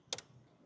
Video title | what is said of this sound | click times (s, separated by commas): S&B Intake - Install on 2024 Ford Ranger 2.3L | You will need to use some force to get it to click | 0.1 s